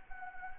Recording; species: mosquito wingbeat signal from an infrared sensor; Anopheles gambiae